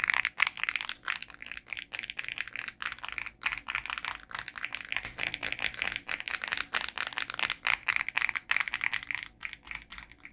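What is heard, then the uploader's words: Fingertips tap quickly on a cellphone screen and case, a dense run of light clicky taps that continues through the whole clip with little pause. The taps are bright and crisp, with a faint rustle behind them. Phone Tapping ASMR (no speaking). In this week`s ASMR video I am tapping on my cellphone (screen and phone case).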